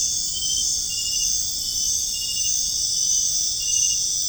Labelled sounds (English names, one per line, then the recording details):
none
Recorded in dense forest near Puerto Asís, Putumayo, Colombia, on 22 June 2025 at 20:00
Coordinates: 0.481, -76.323
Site G072